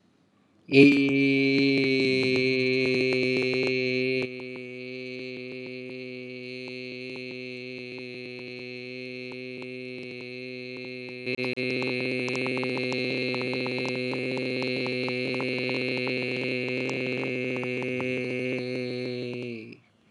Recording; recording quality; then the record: sustained vowel as in made; moderate, slight background noise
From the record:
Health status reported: healthy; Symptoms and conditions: none ticked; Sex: male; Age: 32 years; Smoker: not ticked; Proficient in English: yes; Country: India